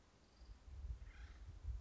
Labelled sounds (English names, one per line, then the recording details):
Acorn Woodpecker
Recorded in Sonoma County, California